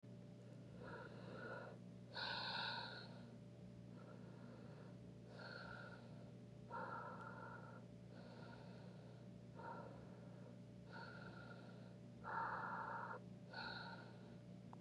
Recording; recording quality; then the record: shallow breathing; moderate, slight background noise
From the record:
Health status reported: COVID-19 positive, mild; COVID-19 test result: positive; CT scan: not taken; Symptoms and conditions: cough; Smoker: no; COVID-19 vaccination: both doses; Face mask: not worn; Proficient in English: yes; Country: United States